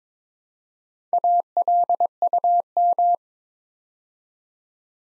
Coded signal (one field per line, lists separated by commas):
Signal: Morse code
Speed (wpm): 22 wpm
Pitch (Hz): 700 Hz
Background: none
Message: ALUM